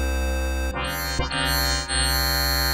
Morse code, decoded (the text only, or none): none